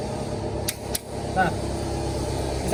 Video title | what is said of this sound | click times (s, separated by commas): MKK010203 - Jobsheet 2 - VLog Engine Overhaul | bisa dilihat teman-teman bahwa dia memiliki bunyi klik. Nah, itu menandakan bahwa torsian itu sudah pas | 0.7 s, 1.0 s